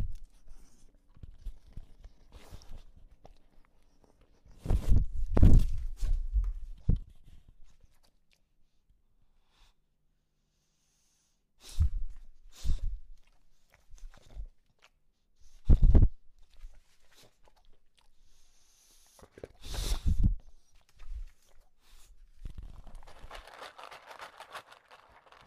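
An English Bulldog eats kibble in bursts of crunching and snuffling, with loud clusters around 5, 12, 16 and 20 seconds separated by near-silent pauses. Short sharp crunches stand out among low snorts, and a soft breathy hiss fills the last few seconds.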